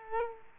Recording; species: mosquito wingbeat signal from an infrared sensor; Culex quinquefasciatus